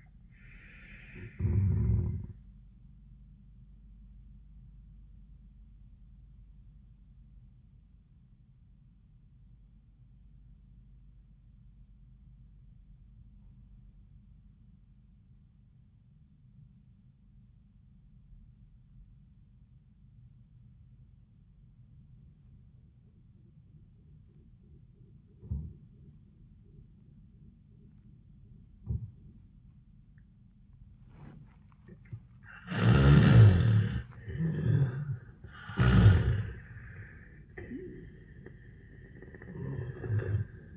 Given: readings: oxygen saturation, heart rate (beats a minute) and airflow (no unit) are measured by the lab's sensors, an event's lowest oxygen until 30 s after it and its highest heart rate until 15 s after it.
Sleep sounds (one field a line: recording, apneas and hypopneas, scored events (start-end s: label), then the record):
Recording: breathing in sleep by a smartphone at the bedside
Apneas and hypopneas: 1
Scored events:
6.00-33.50 s: obstructive apnea (N1, oxygen 97% highest, then 80% lowest, heart rate 88 at the start, 94 highest)
From the record:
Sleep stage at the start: N1 (lightest sleep)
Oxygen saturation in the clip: 85 to 97%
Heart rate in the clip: 80 to 93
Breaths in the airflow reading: 3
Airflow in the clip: -17.8 to 7.5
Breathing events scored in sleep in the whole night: 400 in 8.7 hours asleep